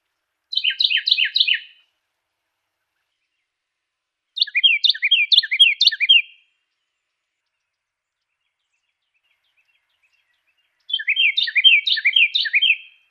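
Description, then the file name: Carolina wren singing three bouts of rapid, repeated chirping phrases, each bout lasting over a second, with long pauses between. Song variation number three. "suara-kicauan-burung-carolina-wren-variasi-3-omkicau"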